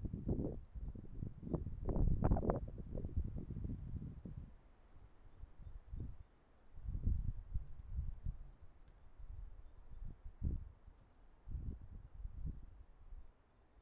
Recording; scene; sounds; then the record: everyday scene through a hearing-aid microphone; wind on the microphone; wind, traffic, birds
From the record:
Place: suburban garden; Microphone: behind the ear, right, rear